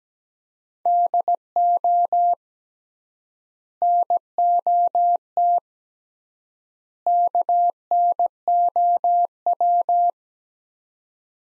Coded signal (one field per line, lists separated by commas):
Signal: Morse code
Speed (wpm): 17 wpm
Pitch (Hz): 700 Hz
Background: none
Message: DO NOT KNOW